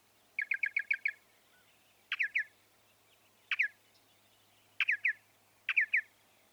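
Northern mockingbird song, a quick series of chattering notes followed by repeated slurred two- and three-note phrases at intervals.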